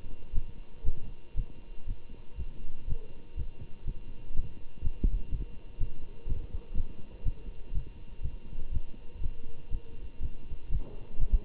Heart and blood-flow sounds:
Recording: heart sounds by stethoscope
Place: between the tricuspid and mitral areas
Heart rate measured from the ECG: 122 bpm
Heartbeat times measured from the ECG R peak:
0.32 s: heartbeat
0.83 s: heartbeat
1.34 s: heartbeat
1.86 s: heartbeat
2.36 s: heartbeat
2.86 s: heartbeat
3.35 s: heartbeat
3.85 s: heartbeat
4.33 s: heartbeat
4.81 s: heartbeat
5.29 s: heartbeat
5.78 s: heartbeat
6.26 s: heartbeat
6.74 s: heartbeat
7.23 s: heartbeat
7.72 s: heartbeat
8.21 s: heartbeat
8.70 s: heartbeat
9.20 s: heartbeat
9.70 s: heartbeat
10.19 s: heartbeat
10.68 s: heartbeat
11.18 s: heartbeat
From the record:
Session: Bruce protocol treadmill stress test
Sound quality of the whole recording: good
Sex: male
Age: 25 years

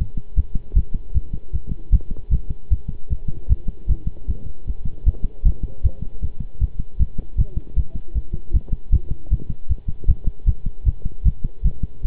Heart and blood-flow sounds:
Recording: heart sounds by stethoscope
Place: between the tricuspid and mitral areas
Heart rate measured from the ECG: 154 bpm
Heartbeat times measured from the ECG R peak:
0.37 s: heartbeat
0.75 s: heartbeat
1.14 s: heartbeat
1.53 s: heartbeat
1.92 s: heartbeat
2.31 s: heartbeat
2.71 s: heartbeat
3.10 s: heartbeat
3.49 s: heartbeat
3.89 s: heartbeat
4.28 s: heartbeat
4.67 s: heartbeat
5.06 s: heartbeat
5.45 s: heartbeat
5.83 s: heartbeat
6.22 s: heartbeat
6.60 s: heartbeat
6.99 s: heartbeat
7.38 s: heartbeat
7.76 s: heartbeat
8.14 s: heartbeat
8.53 s: heartbeat
8.92 s: heartbeat
9.31 s: heartbeat
9.69 s: heartbeat
10.08 s: heartbeat
10.47 s: heartbeat
10.86 s: heartbeat
11.25 s: heartbeat
11.64 s: heartbeat
12.04 s: heartbeat
From the record:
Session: pedaling a stationary bicycle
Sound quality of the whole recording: good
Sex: male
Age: 23 years

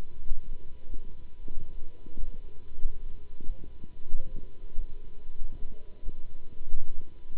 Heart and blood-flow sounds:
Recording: heart sounds by stethoscope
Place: between the tricuspid and mitral areas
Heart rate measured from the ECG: 93 bpm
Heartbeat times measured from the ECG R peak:
0.24 s: heartbeat
0.88 s: heartbeat
1.38 s: heartbeat
2.16 s: heartbeat
2.81 s: heartbeat
3.45 s: heartbeat
4.11 s: heartbeat
4.74 s: heartbeat
5.37 s: heartbeat
6.01 s: heartbeat
6.69 s: heartbeat
7.35 s: heartbeat
From the record:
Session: Bruce protocol treadmill stress test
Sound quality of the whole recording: good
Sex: male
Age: 26 years

